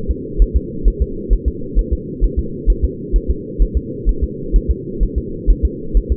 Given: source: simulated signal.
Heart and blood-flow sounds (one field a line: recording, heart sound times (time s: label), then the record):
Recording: fetal heart sounds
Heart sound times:
0.11 s: S2
0.42 s: S1
0.56 s: S2
0.88 s: S1
1.02 s: S2
1.33 s: S1
1.48 s: S2
1.79 s: S1
1.93 s: S2
2.24 s: S1
2.39 s: S2
2.70 s: S1
2.84 s: S2
3.16 s: S1
3.30 s: S2
3.62 s: S1
3.77 s: S2
4.09 s: S1
4.23 s: S2
4.56 s: S1
4.71 s: S2
5.03 s: S1
5.18 s: S2
5.50 s: S1
5.65 s: S2
5.97 s: S1
6.12 s: S2
From the record:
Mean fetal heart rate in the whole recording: 130 bpm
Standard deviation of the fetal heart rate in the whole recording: 2 bpm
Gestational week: 36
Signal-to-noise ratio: -4.3 dB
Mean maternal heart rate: 72 bpm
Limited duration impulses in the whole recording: absent